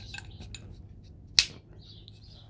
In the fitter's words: And did you hear that snap?